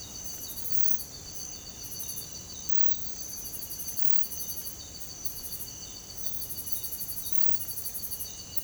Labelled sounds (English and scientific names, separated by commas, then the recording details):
none
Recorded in secondary vegetation near Puerto Asís, Putumayo, Colombia, on 21 December 2024 at 05:30
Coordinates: 0.468, -76.324
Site G095